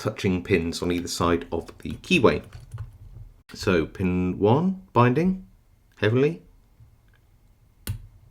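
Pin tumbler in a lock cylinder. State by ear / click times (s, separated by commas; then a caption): seated / 7.9 s. Someone talks while picking a high-security Fichet MCM 4SS pin tumbler lock under heavy turning force, lifting the heavily binding pin 1. At 7.9 s a single sharp click is heard as the pin sets at the shear line, and the pin is seated.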